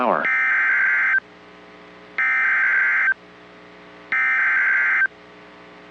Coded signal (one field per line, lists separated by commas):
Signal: Emergency Alert System (SAME) tones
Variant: header bursts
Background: speech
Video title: EAS Alerts from 3/4/2025 (Severe Thunderstorms, Tornadoes and a High Wind Warning!)